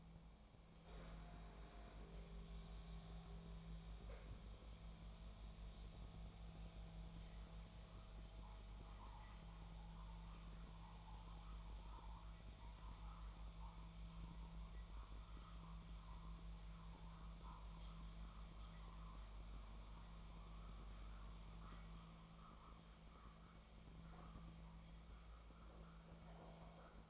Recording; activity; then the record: daily activity, microphone in the room; make coffee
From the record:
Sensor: 1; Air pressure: 1000.4 hPa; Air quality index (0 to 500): 148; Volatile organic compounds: 3 ppm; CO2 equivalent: 1390 ppm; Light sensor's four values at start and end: 30/74/31/38 and 31/77/33/39